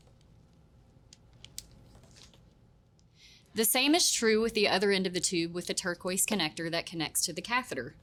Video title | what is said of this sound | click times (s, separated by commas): Unboxing Peristeen Plus: Differences from Peristeen® | it's easier to twist and lock and you can now feel and hear a subtle click when it's properly connected | 1.6 s